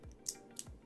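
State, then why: Seated. A plastic low-profile switch top housing is slowly lined up and pressed onto its switch base, giving two sharp clicks at 0.3 s and 0.6 s as it clicks into place. The housing is seated.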